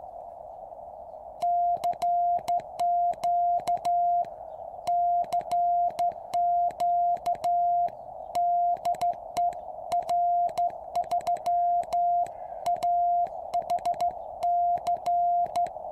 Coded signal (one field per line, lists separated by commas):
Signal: Morse code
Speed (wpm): 14 wpm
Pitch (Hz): 700 Hz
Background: music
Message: CQ CQ DE R3AHC